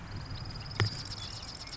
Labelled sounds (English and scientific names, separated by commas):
Marsh Wren (Cistothorus palustris)